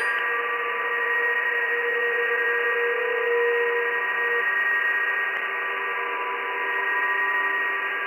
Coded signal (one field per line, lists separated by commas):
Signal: PSK31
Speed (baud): 31.25 baud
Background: radio noise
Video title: PSK31 reception using RTL2838/R820T SDR Dongle on HF with NooElec Upconverter